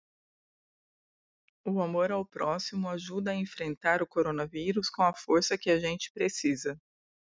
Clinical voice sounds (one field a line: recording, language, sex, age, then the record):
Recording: spoken sentence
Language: Brazilian Portuguese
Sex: female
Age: 40 to 49 years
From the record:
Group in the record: control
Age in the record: 41 years